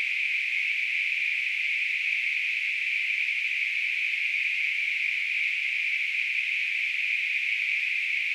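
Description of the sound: A steady, unchanging high-pitched hiss, a narrow band of noise centred around 2 to 3 kHz, runs for about eight seconds with no breaks. It is a simulation of tinnitus, the phantom ringing or hissing some people hear in their ears.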